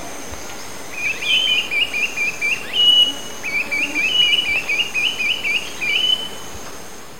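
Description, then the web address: Tiny hawk giving two rapid chattering runs of short, rhythmic notes, the second run longer, over constant background noise. Eastern Lowlands of South America. "Natures Songs S America Eastern Lowlands. Tiny Hawk"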